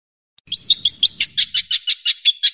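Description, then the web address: Long-tailed shrike song phrase of quick, sharp chattering notes, about a dozen clipped bursts in two seconds, high-pitched and evenly spaced. Masteran (training) recording of the song, featuring varied fill-in phrases (variasi isian). "cendet variasi isian. masteran cendet"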